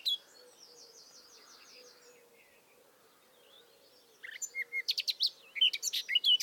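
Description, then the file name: Eurasian blackcap: a quiet opening with faint bird notes, then fast, scratchy warbling bursts out for the last two seconds. "Sylvia atricapilla"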